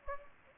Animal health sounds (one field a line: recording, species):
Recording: mosquito wingbeat signal from an infrared sensor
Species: Anopheles gambiae